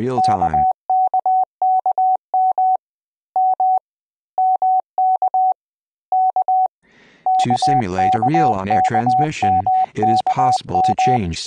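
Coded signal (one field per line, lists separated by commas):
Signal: Morse code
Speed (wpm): 20 wpm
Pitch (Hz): 750 Hz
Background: speech, radio noise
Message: KKKM M MK K KKKMKM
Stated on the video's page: Computer-generated Koch-method practice words from a Windows training program, simulating real transmission with QSB fading and QRM interference, adjustable speed and tone.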